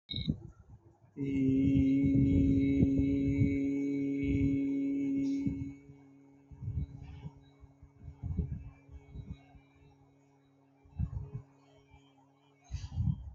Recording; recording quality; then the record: sustained vowel as in beet; excellent, no background noise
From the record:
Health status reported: healthy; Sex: male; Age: 27 years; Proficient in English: yes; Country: India